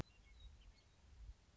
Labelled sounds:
Western Meadowlark
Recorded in Sonoma County, California

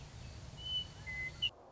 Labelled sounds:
Western Meadowlark
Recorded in Sonoma County, California

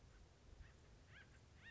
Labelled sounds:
Acorn Woodpecker
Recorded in Sonoma County, California

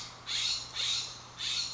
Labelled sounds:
Steller's Jay
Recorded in Sonoma County, California

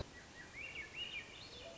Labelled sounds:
Swainson's Thrush
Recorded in Sonoma County, California

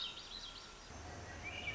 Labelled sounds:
Swainson's Thrush
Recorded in Sonoma County, California

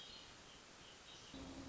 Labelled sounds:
Hermit Thrush
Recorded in Sonoma County, California

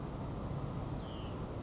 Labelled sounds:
Hutton's Vireo
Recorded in Sonoma County, California

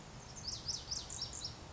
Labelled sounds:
Lazuli Bunting
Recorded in Sonoma County, California

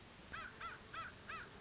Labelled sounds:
American Crow
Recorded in Sonoma County, California

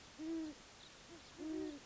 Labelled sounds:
Great Horned Owl
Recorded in Sonoma County, California

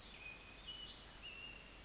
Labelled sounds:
Pacific Wren
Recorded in Sonoma County, California

